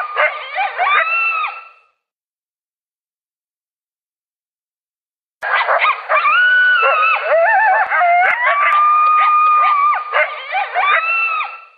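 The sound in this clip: Coyotes howling and yipping together, a two-second burst of wavering howls and sharp yelps, then silence before a longer overlapping chorus resumes.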